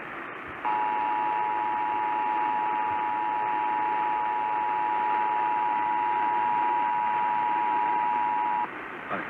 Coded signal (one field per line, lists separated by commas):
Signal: Emergency Alert System (SAME) tones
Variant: 853 and 960 Hz attention tone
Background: speech